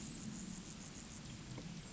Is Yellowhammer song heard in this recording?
no